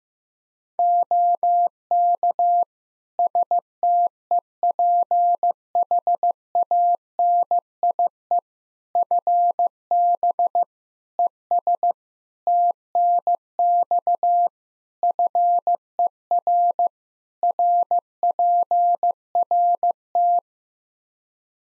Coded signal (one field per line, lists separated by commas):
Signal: Morse code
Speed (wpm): 15 wpm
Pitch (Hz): 700 Hz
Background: none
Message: OK STEPHANIE FB ES TNX FER RPRT